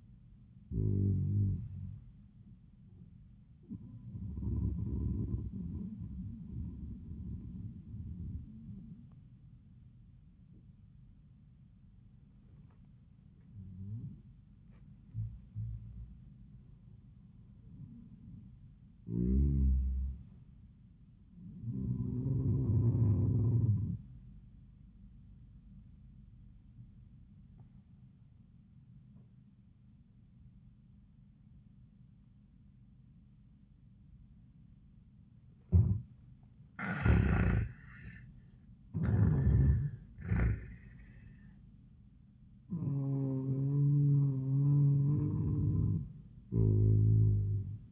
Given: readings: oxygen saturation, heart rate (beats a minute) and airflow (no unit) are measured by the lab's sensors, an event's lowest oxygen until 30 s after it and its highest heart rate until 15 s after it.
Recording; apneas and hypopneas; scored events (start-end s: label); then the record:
breathing in sleep by a smartphone at the bedside; 1
27.00-39.30 s: obstructive apnea (N2, oxygen 97% highest, then 85% lowest)
From the record:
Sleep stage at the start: N2 (light sleep); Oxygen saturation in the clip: 85 to 97%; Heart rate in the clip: 86 to 96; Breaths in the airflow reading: 6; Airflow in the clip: -13.1 to 16.1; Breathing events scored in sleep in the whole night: 400 in 8.7 hours asleep